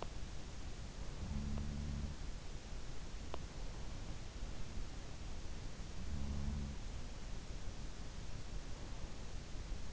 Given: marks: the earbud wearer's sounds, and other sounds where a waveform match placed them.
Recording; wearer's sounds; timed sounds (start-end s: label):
sounds in sleep by an in-ear microphone; teeth grinding
1.28-2.18 s: sound from someone else or the room
3.33-3.42 s: teeth grinding
6.03-6.83 s: sound from someone else or the room